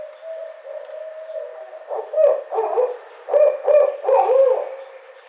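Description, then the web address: Barred owl giving a long, even hoot, then a rhythmic run of short, emphatic hoots in two bursts, some with a bending, wavering tone, over a constant faint hum. Recorded on 5 June 2009. "Barred Owl 2009 06 05"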